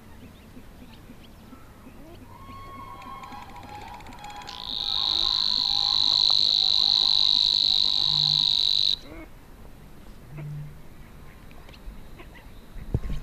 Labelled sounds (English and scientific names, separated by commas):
Savi's Warbler (Locustella luscinioides)